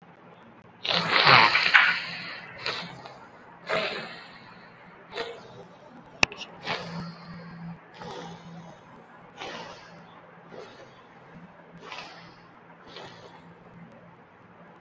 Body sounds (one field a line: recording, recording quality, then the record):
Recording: deep breathing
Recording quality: excellent, no background noise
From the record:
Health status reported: COVID-19 positive, mild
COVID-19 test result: positive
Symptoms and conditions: cough, cold, fever, fatigue, muscle pain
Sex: male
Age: 24 years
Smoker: not ticked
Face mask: not worn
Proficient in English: yes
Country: India